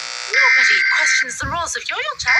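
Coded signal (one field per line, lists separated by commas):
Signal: Emergency Alert System (SAME) tones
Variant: header bursts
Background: speech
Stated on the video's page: EAS tones in a fictional scenario about the sun exploding.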